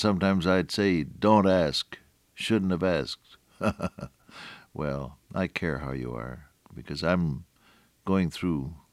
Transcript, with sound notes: sometimes I’d say, ‘Don’t ask. Shouldn’t have asked.'” [chuckle] Well, I care how you are, because I’m going through